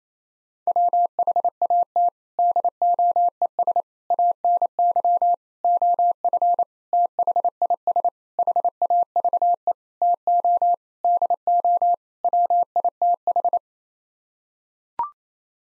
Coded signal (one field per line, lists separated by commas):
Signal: Morse code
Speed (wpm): 28 wpm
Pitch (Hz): 700 Hz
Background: none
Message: WHAT DOES ANY OF THIS HAVE TO DO WITH